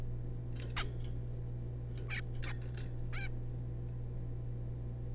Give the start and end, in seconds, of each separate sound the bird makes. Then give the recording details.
0.77-0.84, 2.09-2.21, 2.43-2.52, 3.13-3.28. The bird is a juvenile. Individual R3549